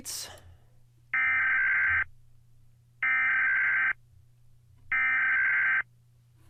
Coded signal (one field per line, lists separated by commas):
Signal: Emergency Alert System (SAME) tones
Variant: header bursts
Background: speech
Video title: SCARIEST EAS Alarms TIER LIST